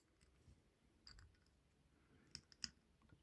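Gold and blue plastic cover pieces of a partwork Iron Spider-Man figure model are pressed into the figure body, with faint clicks around 1.1 and 1.2 s and a sharp tick at 2.4 s. A final crisp snap at 2.6 s marks the cover pieces seating together.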